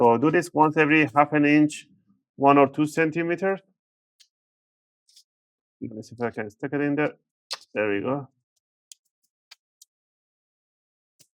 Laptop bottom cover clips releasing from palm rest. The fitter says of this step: There we have it. This one is already came out.